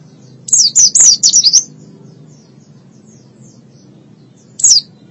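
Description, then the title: White-eye song: a short burst of high descending chirps, then a pause and one more brief phrase, with a low hum beneath. Long-duration white-eye song. "Kicauan Burung Pleci Durasi Panjang"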